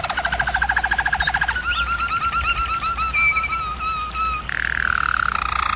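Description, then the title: German Roller canary song: fast rolling trill, then bubbling glided notes and a smooth roll, all continuous. Singing used for canary training. "German Roller Canary Singing - Canary Training Vid"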